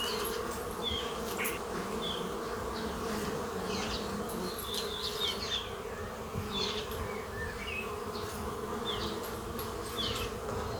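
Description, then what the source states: Bees: an unbroken, layered humming drone, with intermittent bird chirps above. Buzzing.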